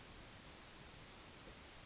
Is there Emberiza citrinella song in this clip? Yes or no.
no